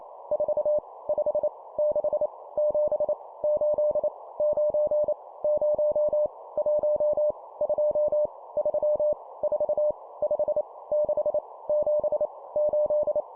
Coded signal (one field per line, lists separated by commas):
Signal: Morse code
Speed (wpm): 28 wpm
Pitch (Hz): 600 Hz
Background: none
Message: 4 5 6 7 8 9 0 1 2 3 4 5 6 7 8